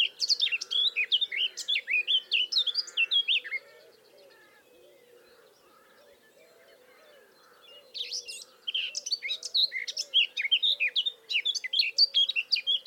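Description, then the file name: Eurasian blackcap song: two bursts of fast, varied warbling with sweeping notes, split by a quiet pause of about four seconds, with a steady low hum underneath. "Sylvia atricapilla"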